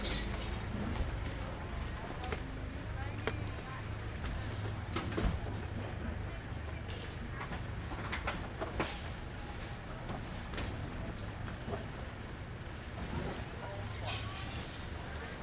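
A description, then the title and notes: A walking street market in Chiang Mai is packed away amid a steady low rumble, with scattered clatters, knocks and faint voices throughout. Packing away the market. Sounds of the walking street market being packed away in Chiang Mai, Thailand. Recorded by Alex Boyesen.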